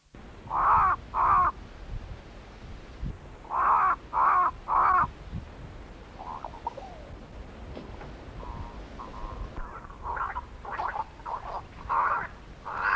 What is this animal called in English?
Pied Crow